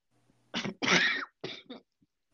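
Adult. Dry cough, a short burst of coughs, attributed to adjusting to the heat and air in Florida, after falling ill with body pain and a fever.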